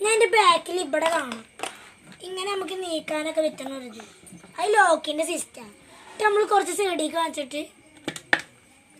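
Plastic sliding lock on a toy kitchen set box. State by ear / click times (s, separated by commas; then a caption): seated / 8.3 s. Someone talks while sliding the plastic lock on the back of a toy kitchen set box into place. After the talking stops, two faint taps come at about 8.1 s and 8.2 s, then a sharp click at 8.3 s as the lock snaps shut. The lock is now seated and the part can no longer be moved.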